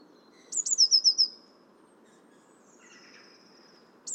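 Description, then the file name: Eurasian blue tit giving a quick series of high, sharp descending notes, followed by a thin drawn-out trill and the start of another burst at the close. "Cyanistes caeruleus"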